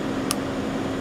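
A needle cap is pushed onto a syringe body until it snaps into place, heard as a single sharp, bright snap at 0.3 seconds over a steady low hum. The snap confirms the cap is seated, so it can then be twisted on and off.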